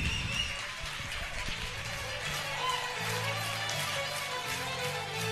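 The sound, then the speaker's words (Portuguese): An audience of the Gólgota community in Curitiba applauding to welcome first-time visitors, in a steady, dense wash of clapping that lasts the whole time, with low sustained musical notes humming underneath. “Vamos receber essas pessoas com aplausos e golgotano.”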